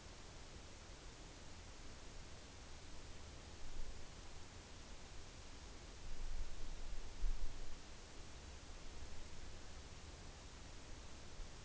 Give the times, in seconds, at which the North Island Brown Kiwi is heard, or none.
none